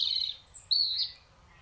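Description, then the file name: European robin phrase: a high, thin warble, then two sharp whistled notes, the last one drawn out and wavering. "Erithacus rubecula"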